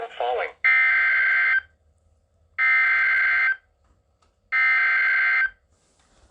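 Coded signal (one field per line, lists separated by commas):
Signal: Emergency Alert System (SAME) tones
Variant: header bursts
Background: speech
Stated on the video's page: Alerts received on a Radio Shack weather radio, including a tornado warning; one recording has corrupted audio.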